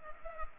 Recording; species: mosquito wingbeat signal from an infrared sensor; Culex pipiens